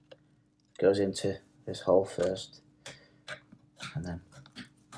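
Someone talks while refitting the side grip panel, the CO2 compartment cover, into the frame of a revolver-style Colt SAA 4.5mm BB CO2 air pistol, lining up the notch at its top to go into the hole first. A few faint handling ticks are heard between the words. The panel has not seated or clicked yet.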